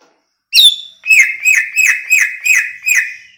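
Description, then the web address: Greater green leafbird song: one sharp high note, then a steady series of six downslurred whistles, roughly three per second. Banyuwangi; described as gacor, an energetic, continuous singer. "cucak ijo banyuwangi"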